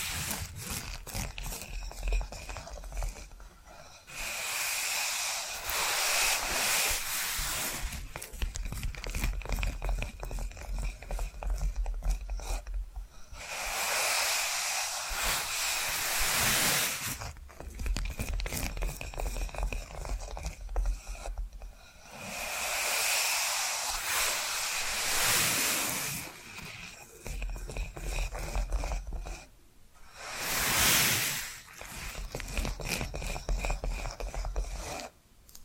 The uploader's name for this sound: Hypnotic Tapping & Scratching Sounds